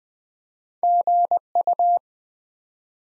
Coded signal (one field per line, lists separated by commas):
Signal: Morse code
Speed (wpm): 20 wpm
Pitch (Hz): 700 Hz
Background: none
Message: GU